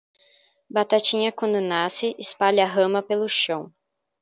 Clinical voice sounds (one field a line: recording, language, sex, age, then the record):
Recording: short text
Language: Brazilian Portuguese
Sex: female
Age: 18 to 19 years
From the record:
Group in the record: control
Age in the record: 19 years